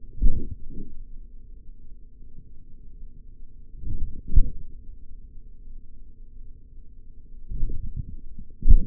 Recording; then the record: forearm muscle sounds (acoustic myography)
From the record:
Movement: forearm supination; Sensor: system 3, bracelet of six PUI Audio POM-2738L microphones around the upper forearm, with dedicated amplification and filtering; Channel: 3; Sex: male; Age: 56 years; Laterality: right